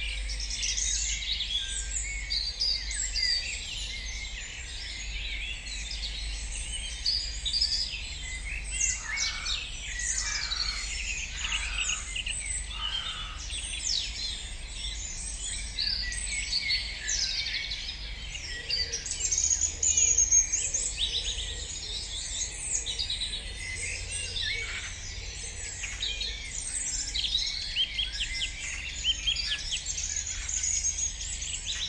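A dawn chorus of many birds singing at once, a thick, unbroken layer of bright chirps and trills from start to finish with no single voice standing out. A steady low rumble sits underneath throughout.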